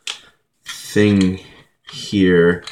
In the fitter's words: so and then it locks into place but this mount sucks this